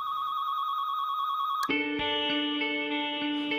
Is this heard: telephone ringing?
yes